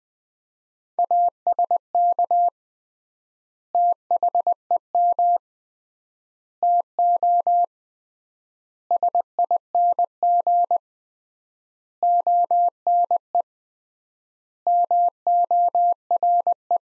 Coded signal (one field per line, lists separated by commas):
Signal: Morse code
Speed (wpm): 21 wpm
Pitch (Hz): 700 Hz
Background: none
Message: ASK THEM TO SING ONE MORE